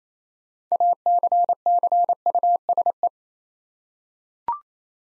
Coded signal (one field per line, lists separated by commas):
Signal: Morse code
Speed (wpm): 27 wpm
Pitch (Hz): 700 Hz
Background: none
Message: ACCUSE